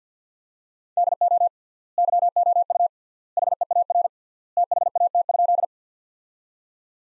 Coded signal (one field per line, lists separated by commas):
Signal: Morse code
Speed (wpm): 49 wpm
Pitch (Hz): 700 Hz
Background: none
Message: DO YOU HEAR THAT?